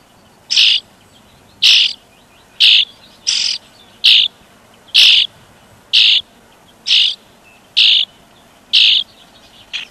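European starling giving grating, noisy screeches, each brief and broad, spaced about one second apart in a steady series.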